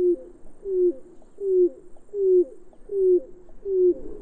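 Bird cooing: low, soft, even coos repeated at a steady pace, roughly one every three-quarters of a second.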